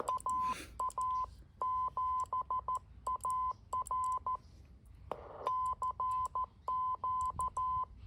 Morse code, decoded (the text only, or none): AA7AR CQ